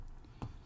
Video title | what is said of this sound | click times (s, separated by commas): Unboxing a New San Martin Diver! | feel to it and then when you pop that open | 0.4 s